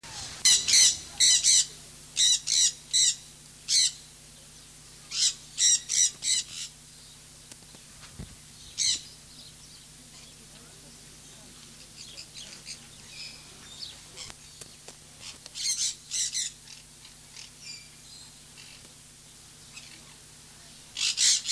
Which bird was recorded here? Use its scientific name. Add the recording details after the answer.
Aratinga solstitialis. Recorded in captivity. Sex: group. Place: Zoo Leipzig, Sachsen, DE. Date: 2003-10-01 14:26. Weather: heiter, 14°C. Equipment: Fair Mate ST-1328 (Asahi Electronics, Japan), Sennheiser ME 80, Kopie Uher 4000 Report Monitor. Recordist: Tembrock, Günter